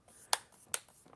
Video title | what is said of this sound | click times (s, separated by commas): Live: Unboxing the New Lenovo Legion 7 15" Gaming Laptop | there it goes every time you hear a click you've got one of those things engaging | 0.3 s, 0.7 s